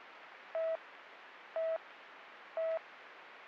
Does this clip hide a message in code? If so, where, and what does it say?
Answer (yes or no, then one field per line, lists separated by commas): no